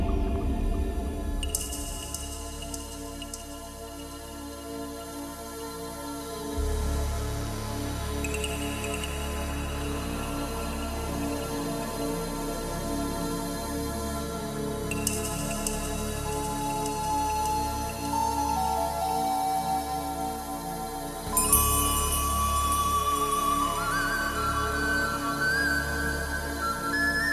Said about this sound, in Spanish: acompañados no solo de todos vosotros, que es una maravilla, sino de esta música prodigiosa de …, …